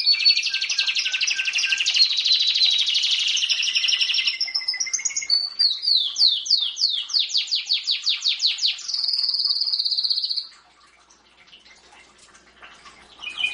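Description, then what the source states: Domestic canary song: dense buzzy rolls, then a run of quick rising sweeps and a steady high whistle, followed by near silence and a final short trill. Champion singing canary.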